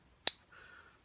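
A loose end of a wrist pin circlip, which looked about to pop out of the piston pin bore groove, is pushed back home. A single sharp, bright click sounds at 0.3 s, followed by a faint, quieter rustle. The circlip end is seated in the groove.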